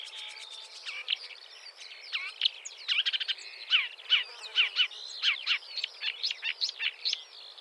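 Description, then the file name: Marsh warbler song: a dense, nonstop jumble of chirps, trills and slurred whistles with frequent rapid buzzy runs. "suara kicauan burung marsh warbler. omkicau"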